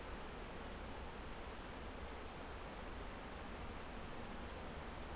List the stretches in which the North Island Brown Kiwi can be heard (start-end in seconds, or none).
none